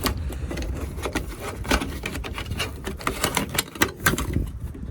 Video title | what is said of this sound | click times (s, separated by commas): “Magneto” The 05 6.0 Pt 2- Installing a 11-16 A-B-C Pillar kit and everything included | and then it does just click into place there are slots for it and | 3.8 s, 4.1 s